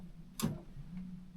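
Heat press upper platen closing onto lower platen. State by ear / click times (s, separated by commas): seated / 0.4 s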